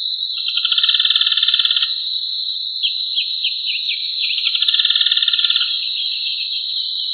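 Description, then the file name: Yellow-chinned spinetail giving rapid, rattling trills of high notes in two bursts, with a steady high-pitched whine running throughout. Recorded in Diamante. "Diamante Curutie colorado"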